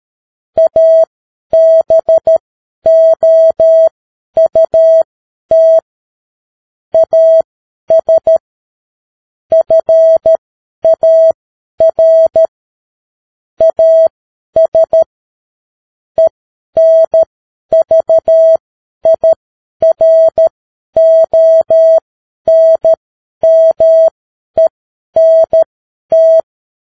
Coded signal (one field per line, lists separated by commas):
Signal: Morse code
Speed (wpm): 13 wpm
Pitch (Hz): 650 Hz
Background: none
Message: ABOUT AS FAR AS ENVIRONMENT